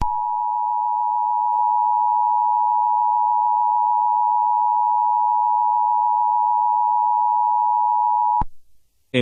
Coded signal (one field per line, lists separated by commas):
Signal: Emergency Alert System (SAME) tones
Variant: 853 and 960 Hz attention tone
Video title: EAS Scenario #2: Slenderman Rampage.